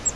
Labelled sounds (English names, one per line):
Grace's Warbler flight call